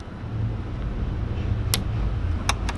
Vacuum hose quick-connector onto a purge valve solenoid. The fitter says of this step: and then push your white tabs down locks into place like so